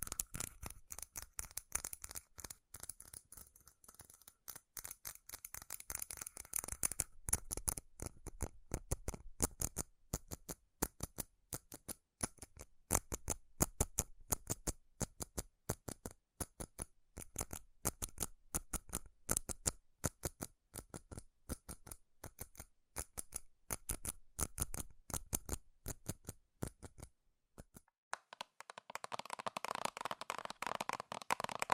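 Rapid, furious tapping on metal, sharp crisp clicks that come in dense, uneven bursts for most of the recording. The taps briefly thin out and stop near the 27-second mark, then return as a blurred, rushing flurry of tapping through the end.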